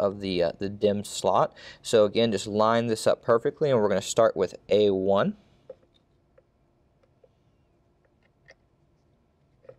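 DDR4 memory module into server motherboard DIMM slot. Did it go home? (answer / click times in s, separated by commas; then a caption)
no / none. Someone talks while a DDR4 memory module is lined up and set into DIMM slot A1 of a Dell PowerEdge R240 server motherboard, then the talking stops and only a few faint, brief handling ticks are heard. The module is not pushed down yet, so nothing has seated or clicked.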